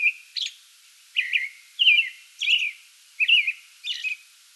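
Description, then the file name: American robin singing a steady run of clear, slurred whistled phrases with thin high squeaky notes between them. Pre-dawn song bout, recorded 8 May 2022. "2022-05-08 American Robin pre-dawn song bout"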